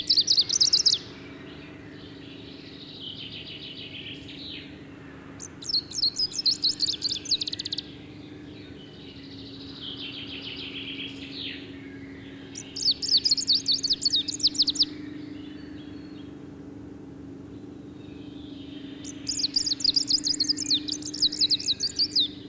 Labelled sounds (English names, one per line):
Greenish Warbler song